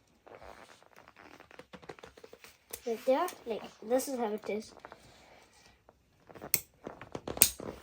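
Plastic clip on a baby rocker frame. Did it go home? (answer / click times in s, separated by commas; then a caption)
yes / 6.5 s, 7.4 s. Someone talks while pushing a plastic clip on a baby rocker frame into place during reassembly after a battery replacement, with light handling sounds in the background. Sharp clicks at 6.5 s and 7.4 s mark the clip snapping home and engaging.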